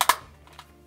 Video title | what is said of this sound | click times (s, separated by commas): Contixo F10 Flight board Replacement | and it should snap into place fairly easily | 0.0 s, 0.1 s